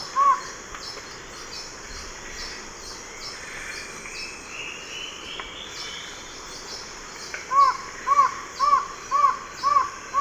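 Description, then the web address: White-shouldered antshrike singing a single whistled note, then a steady series of six soft, arched whistles roughly twice a second, with a constant high-pitched insect drone behind. Song; eastern lowlands of South America. "Natures Songs S America Eastern Lowlands. Thamnophilus aethiops, song"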